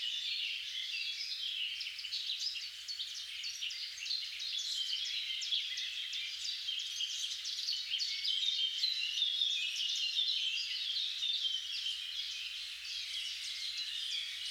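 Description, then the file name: Birds in a busy chorus, countless overlapping high chirps and trills that keep up steadily throughout. "Singing Birds"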